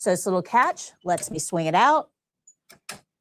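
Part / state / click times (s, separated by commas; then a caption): leg rest on a wheelchair frame catch / seated / 2.9 s. Someone talks, then a wheelchair leg rest is swung back into position on its frame catch, with a couple of faint taps at about 2.5 and 2.7 seconds. A sharp metal click at 2.9 seconds marks the leg rest latching and locking in place.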